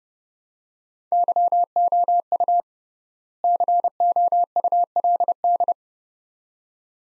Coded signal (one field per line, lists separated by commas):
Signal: Morse code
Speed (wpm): 29 wpm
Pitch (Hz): 700 Hz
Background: none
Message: YOU COULD